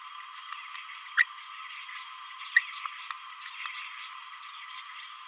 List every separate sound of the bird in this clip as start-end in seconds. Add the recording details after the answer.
1.18-1.23, 2.56-2.59. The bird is a male. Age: 26 days. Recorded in a nest box in Venezuela. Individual 17B31A2